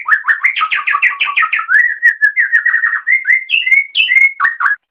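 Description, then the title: Oriental magpie-robin pouring out a fast, varied warble: choppy rolling notes, then clearer whistles, nearly without pause. "Kicau Kacer"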